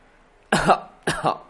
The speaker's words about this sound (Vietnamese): Trần Lão Thái Gia hơi nhíu mày, sau đó ho khan một tiếng. Một tiếng ho khan này nhất thời làm cho ánh mắt mọi người rời khỏi người Trần Ninh, nhìn về phía Trần Lão Thái Gia.